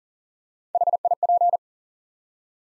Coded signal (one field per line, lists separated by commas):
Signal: Morse code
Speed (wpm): 38 wpm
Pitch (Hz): 700 Hz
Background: none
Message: HIP